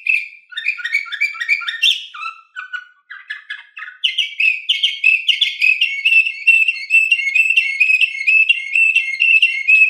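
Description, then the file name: Canary song: quick repeated chirps and scattered lower notes, then a long, rapid, ringing trill held at an even pitch. Canary, recording named Orpheus V3. "kn orpheus v 3 omkicau"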